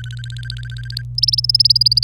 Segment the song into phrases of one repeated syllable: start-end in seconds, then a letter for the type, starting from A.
0.00-1.02 A, 1.18-1.99 B